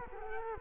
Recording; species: mosquito wingbeat signal from an infrared sensor; Culex quinquefasciatus